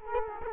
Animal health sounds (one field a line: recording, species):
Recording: mosquito wingbeat signal from an infrared sensor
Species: Culex quinquefasciatus